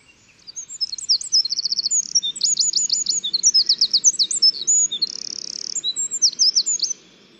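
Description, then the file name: Eurasian wren delivering a vigorous, very high song of quick repeated notes and trills, with a rapid buzzy rattle toward the end. "Troglodytes troglodytes"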